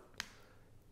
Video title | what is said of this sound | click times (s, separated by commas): How To Upgrade SSD On Asus ROG Ally With Asus Cloud Recovery | and then just push it in and there we go you heard it snap in we're going to go ahead and replace the screw | 0.2 s